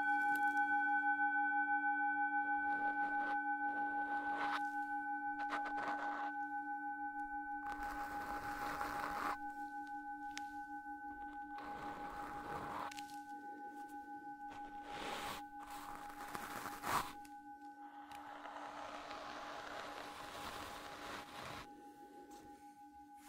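A Tibetan singing bowl hums steadily with a ringing tone throughout, while soft brushing and rubbing strokes come and go in bursts over it.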